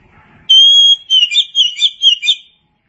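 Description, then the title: Oriental magpie-robin song beginning with a pure drawn-out whistle, then five or six crisp, rhythmic warbled notes. Chirping song. "Suara Kicauan Burung Kacer"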